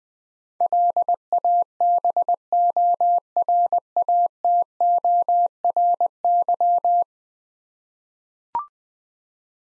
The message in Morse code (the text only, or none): LABORATORY